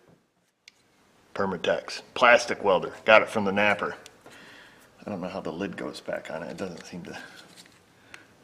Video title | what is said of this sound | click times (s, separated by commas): Chevy / GMC Truck - Running Lean P0171 & P0174 | it doesn't click on no it doesn't click on well it'll probably dry out before we ever need it again ever | none